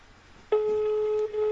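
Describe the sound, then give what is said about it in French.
A steady electronic ringing tone from an outgoing phone call starts abruptly and holds at one pitch for about a second, briefly dipping before continuing, with faint background hiss. “Là, je suis en train de l'appeler.”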